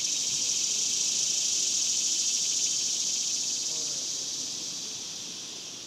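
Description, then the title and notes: Cicada chorus of continuous shrill buzzing, loud at first and gradually fading toward the end. Daytime cicadas recorded outdoors in a cemetery in summer. "Ext, Daytime Cicadas, Cemetery, Summer by Bandeto"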